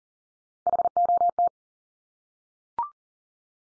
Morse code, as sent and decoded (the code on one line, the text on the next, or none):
.... --- -
HOT